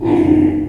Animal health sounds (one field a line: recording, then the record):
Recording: squeal of a Yucatan mini pig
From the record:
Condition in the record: before surgery on the right vocal fold (resection and tissue-engineered implant)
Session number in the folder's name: 1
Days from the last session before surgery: -21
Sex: female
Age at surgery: 19 weeks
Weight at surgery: 25 kg